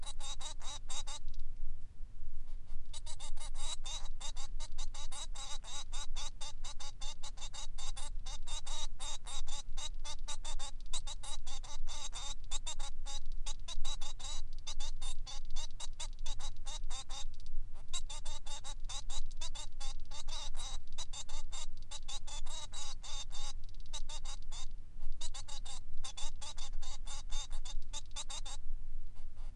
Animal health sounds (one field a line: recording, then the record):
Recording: song of a male Bengalese finch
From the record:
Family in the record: son of father 3